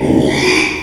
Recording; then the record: squeal of a Yucatan mini pig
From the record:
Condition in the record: after surgery on the right vocal fold (resection and tissue-engineered implant); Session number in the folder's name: 1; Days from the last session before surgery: 6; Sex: male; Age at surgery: 12 weeks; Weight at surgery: 13 kg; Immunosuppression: cyclosporine, prednisolone